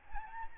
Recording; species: mosquito wingbeat signal from an infrared sensor; Aedes albopictus